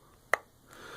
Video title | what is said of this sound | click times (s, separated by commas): BEST Tripod for your iPhone 5/5S/6/6S | just fit it through and it kind of makes like a little click sign which you made here | 0.3 s